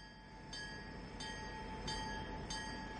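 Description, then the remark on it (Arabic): The seven o'clock train arriving at a station rolls along with a steady low rumble and a faint high whine, while wheel clacks land in an even rhythm about four times over a few seconds. No voices. “أنتظركم في قطار السابعة، لن أتخذ أي إجراء حتى تصلوا”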